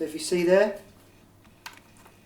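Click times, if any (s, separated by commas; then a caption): 1.7 s. Someone talks briefly, then the oversized magazine release on an Ares Amoeba Striker airsoft rifle is pressed, and a sharp hit at 1.7 s is followed by a faint tick. The magazine is released from the rifle's magazine well.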